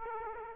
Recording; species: mosquito wingbeat signal from an infrared sensor; Aedes aegypti